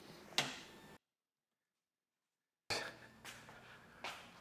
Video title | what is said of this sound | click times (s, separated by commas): The Gas Pump Project | the piece on the left just clicks into place and the tension of the face plate is pushing back and holding it | 0.4 s